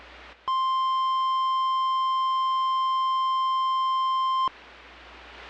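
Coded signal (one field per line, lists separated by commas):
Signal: Emergency Alert System (SAME) tones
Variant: 1050 Hz attention tone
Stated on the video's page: Simulated EAS mock alert tones for a tornado scenario.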